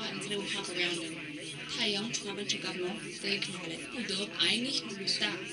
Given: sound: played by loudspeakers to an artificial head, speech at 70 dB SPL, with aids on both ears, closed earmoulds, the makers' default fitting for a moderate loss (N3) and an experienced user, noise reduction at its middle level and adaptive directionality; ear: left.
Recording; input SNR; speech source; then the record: speech test signal (ISTS) in cocktail-party noise; +3 dB; on the right (90 degrees)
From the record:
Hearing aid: class 2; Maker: B